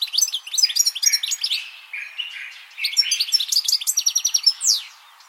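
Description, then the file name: European goldfinch song, a rapid liquid twittering of tinkling notes and buzzy trills, with a few lower nasal notes mid-phrase, ending in a descending sweep. "Carduelis carduelis"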